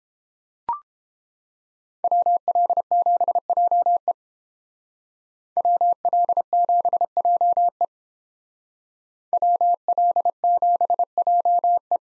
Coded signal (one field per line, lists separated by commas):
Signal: Morse code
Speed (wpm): 28 wpm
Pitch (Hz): 700 Hz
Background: none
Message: WL7JE WL7JE WL7JE